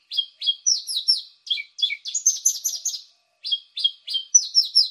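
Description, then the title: Javan bushlark singing a lively string of sharp, slurred chirps, grouped in rapid runs broken by short silences. "Branjang"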